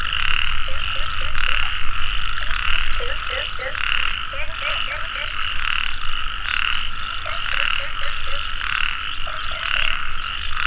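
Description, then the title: Dense frog chorus, rhythmic trilling blocks repeated at a steady pace with brief croaks scattered between them. Frogs calling in a mountain valley at dusk; field recording. "傍晚山谷里的蛙和鸟齐鸣 声谷"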